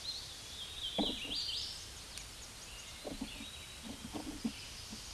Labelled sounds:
Hooded Warbler (Setophaga citrina) song
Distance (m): 50 m
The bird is about 15 m above the microphone
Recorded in a Pennsylvania forest on 16 May 2024 at 06:54
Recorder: AudioMoth, point MSD-2107
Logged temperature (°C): 16.1 °C
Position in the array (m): 2 m, 156 m

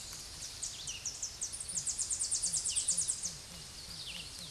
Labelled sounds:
Tennessee Warbler (Leiothlypis peregrina) song
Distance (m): 35 m
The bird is about 25 m above the microphone
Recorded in a Pennsylvania forest on 16 May 2024 at 08:03
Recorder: AudioMoth, point MSD-2208
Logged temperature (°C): 15.2 °C
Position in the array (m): 141 m, 114 m

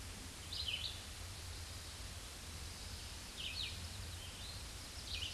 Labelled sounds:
Red-eyed Vireo (Vireo olivaceus) song
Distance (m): 35 m
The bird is about 25 m above the microphone
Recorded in a Pennsylvania forest on 16 May 2024 at 08:27
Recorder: AudioMoth, point MSD-2201
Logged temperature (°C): 15.5 °C
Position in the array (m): 176 m, 73 m

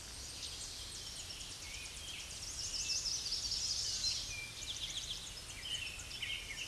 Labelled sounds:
Eastern Towhee (Pipilo erythrophthalmus) song
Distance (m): 25 m
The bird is about 5 m above the microphone
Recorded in a Pennsylvania forest on 16 May 2024 at 07:44
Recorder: AudioMoth, point MSD-2040
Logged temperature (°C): 15.3 °C
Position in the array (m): 71 m, 168 m

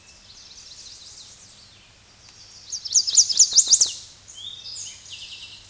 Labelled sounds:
Chestnut-sided Warbler (Setophaga pensylvanica) song
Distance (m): 5 m
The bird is about level with the microphone
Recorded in a Pennsylvania forest on 16 May 2024 at 06:41
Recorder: AudioMoth, point MSD-0627
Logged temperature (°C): 14.8 °C
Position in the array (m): 111 m, 4 m

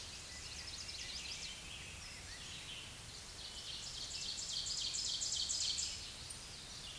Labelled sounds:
Ovenbird (Seiurus aurocapilla) song
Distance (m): 40 m
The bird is about 10 m above the microphone
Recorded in a Pennsylvania forest on 16 May 2024 at 07:33
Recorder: AudioMoth, point MSD-2376
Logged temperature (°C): 16.7 °C
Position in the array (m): 170 m, -30 m

